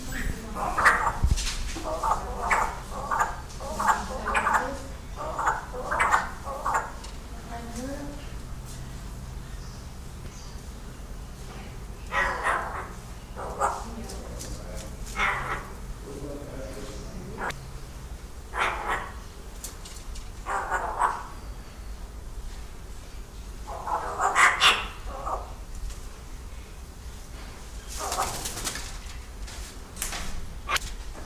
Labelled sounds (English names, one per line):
Yellow-faced Myna call